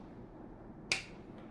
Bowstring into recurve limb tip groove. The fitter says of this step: If the string is not centralized, then you just have to shift it into the string groove. You'll hear a click there.